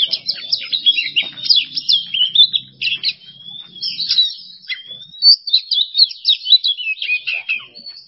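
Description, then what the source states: Oriental magpie-robin song of quick twittering phrases broken by long clear whistled notes, delivered continuously. Masteran training recording for songbirds; kacer song style named bongkar isian emosi.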